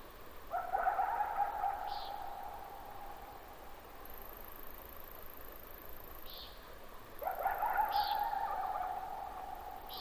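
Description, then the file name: Coyote howling twice, each howl rising quickly to a held wavering note lasting several seconds, with brief high chirps scattered through and steady hiss behind. At night; possibly 22 July 2005. "jh-050722-nightcoyote"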